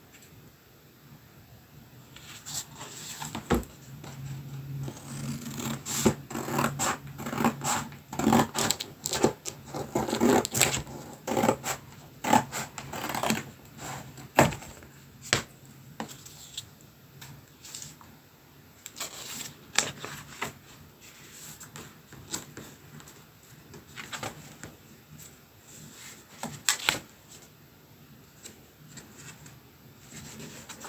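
Paper-crafting sounds of scissor cuts, with short sharp snips and crisp clicks scattered throughout. Between them run softer rubbing and rasping handling noises and a low steady hum. The activity is busiest around five to twelve seconds, then continues as intermittent clicks and snips.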